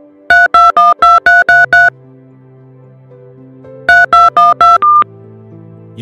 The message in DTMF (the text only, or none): 3212333 3212